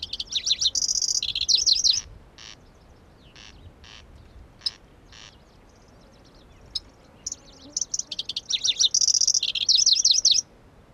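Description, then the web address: Pallas's grasshopper warbler song: loud repeated swooping notes and buzzy trills at the start, a pause with separate clicks, then a second energetic phrase. Recorded at Kuda on 25 June 2012. "June 25 2012 Lcertiola Kuda"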